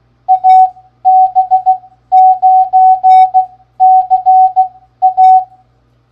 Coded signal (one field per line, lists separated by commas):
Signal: Morse code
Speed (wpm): 15 wpm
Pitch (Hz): 750 Hz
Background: none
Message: AB9CA